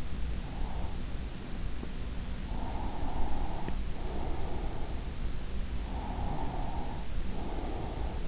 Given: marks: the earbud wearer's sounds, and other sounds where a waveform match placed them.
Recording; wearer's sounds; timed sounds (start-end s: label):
sounds in sleep by an in-ear microphone; breath
0.30-1.95 s: breath
2.47-5.22 s: breath
5.88-8.28 s: breath